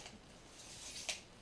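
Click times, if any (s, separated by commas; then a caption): 1.1 s. A flip-lock clamp on the aluminum leg section of a lightweight aluminum tripod is worked while it is unboxed, with soft rubbing and handling noise underneath. One sharp click sounds at 1.1 s as the leg lock snaps shut and seats.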